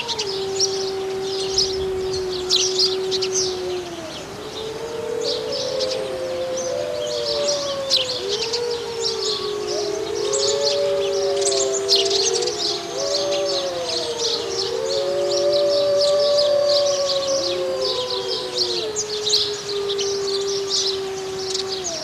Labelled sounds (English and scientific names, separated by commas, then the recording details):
Gray Wolf (Canis lupus)
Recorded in captivity
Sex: diverse
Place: Zoo Berlin, Berlin, DE
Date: 1987-02-06 11:35
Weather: cloudy, windy 3°
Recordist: Tembrock, Günter
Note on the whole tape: wie 29